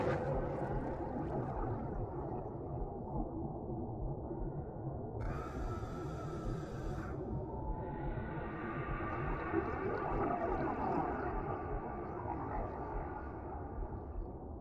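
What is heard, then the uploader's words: Whales sing over a dense, steady low rumble, with a bright buzzing call around five to seven seconds and fuller tones afterward. Whales Singing. Underwater sounds, peaceful water noise.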